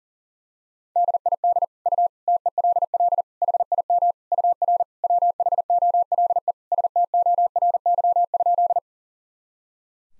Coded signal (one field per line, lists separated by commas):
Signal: Morse code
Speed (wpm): 40 wpm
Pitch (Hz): 700 Hz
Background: none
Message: DID U TELL HIM UR WHOLE STORY?